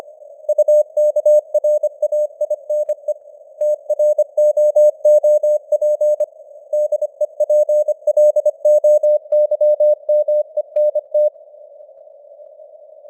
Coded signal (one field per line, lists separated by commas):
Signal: Morse code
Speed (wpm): 25 wpm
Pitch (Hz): 600 Hz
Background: none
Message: UKRAINE TROOP DEPLOYMENT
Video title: Morse Code News | 2026-01-10 | 25wpm